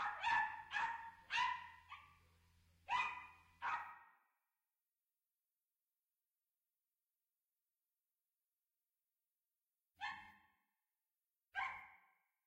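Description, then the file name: Dog giving a rapid run of barks at the start, then a long silence broken by two lone barks toward the end. "Dog Barking"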